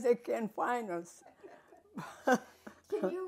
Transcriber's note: laughing